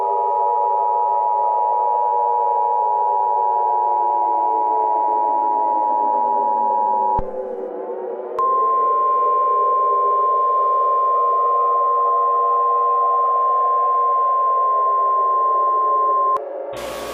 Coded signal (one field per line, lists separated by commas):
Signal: Emergency Alert System (SAME) tones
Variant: 853 and 960 Hz attention tone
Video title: IRRADIATING CHAOS: REMASTRED [EAS SCENARIO/ANALOG HORROR]